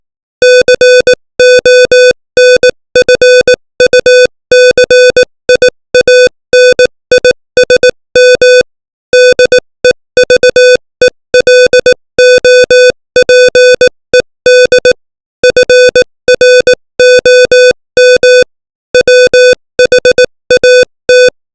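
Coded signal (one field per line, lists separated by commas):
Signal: Morse code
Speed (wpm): 18 wpm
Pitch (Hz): 500 Hz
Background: music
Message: CONFUCIANISM DEVELOPED FROM WHAT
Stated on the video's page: Morse code lesson text sent at 18 wpm.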